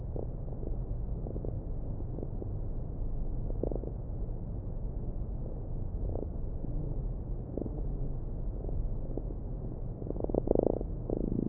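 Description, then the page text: Fruit fly courtship song: scattered faint pulses, then a dense burst of rapid pulses and humming near the end, over a steady low background drone. Male fruit fly courtship song sung to attract females during the mating ritual; recorded by neurobiologists in Vienna studying behaviour, published 9 February 2011. "2011-02-09. The love song of a fly. Research Institute of Molecular Pathology (IMP). the mating ritual of the fruit fly"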